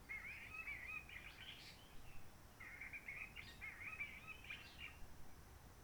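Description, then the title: Réunion bulbul song with two quick phrases of chattering, whistled notes, the second longer, over soft low background noise. Roche Merveilleuse forest, Réunion; quiet since the 19 March 2020 lockdown, no hikers, microlights or helicopters; sunny blue-sky weather; birds not very active; song simpler, short phrases, adapted to past noise pollution. "Roche Merveilleuse, Réunion - Merle de lîle de la Réunion."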